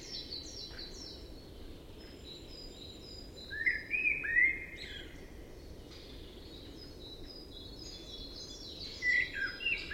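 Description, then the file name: Common blackbird calls: a few short, clear whistled notes around four seconds and again near nine seconds, with faint high chirps from other birds over a steady low rumble. "Turdus merula"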